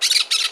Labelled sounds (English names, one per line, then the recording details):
Brown-throated Parakeet contact call
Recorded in Margarita
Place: San Francisco, near stadium
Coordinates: 11.018, -64.294